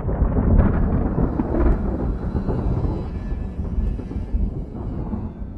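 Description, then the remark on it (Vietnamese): A loud, sustained rumble of thunder from a lightning strike tearing across the sky as rain begins to fall rolls on for several seconds, heavy in the low end with a sharper crackle near the start, then slowly easing off without fully fading. “Theo sau là một tiếng sét rạch ngang trời.”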